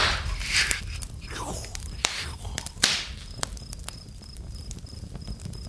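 A campfire in the middle of a forest crackles softly: sharp, irregular pops and snaps over a low steady hiss, with a faint high insect-like chirp running through the background.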